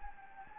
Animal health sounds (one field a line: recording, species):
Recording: mosquito wingbeat signal from an infrared sensor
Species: Anopheles gambiae